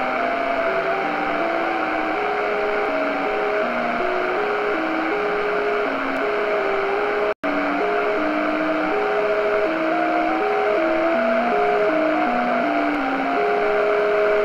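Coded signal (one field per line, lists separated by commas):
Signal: JT65, JT9 or WSPR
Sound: several steady tones hopping in pitch every fraction of second under hiss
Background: radio static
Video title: Shortwave Radio: JT65 Communication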